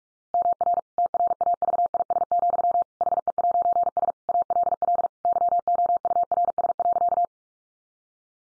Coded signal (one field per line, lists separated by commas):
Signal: Morse code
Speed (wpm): 44 wpm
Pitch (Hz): 700 Hz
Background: none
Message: MR TRAVIS, HE'S ALL YOURS.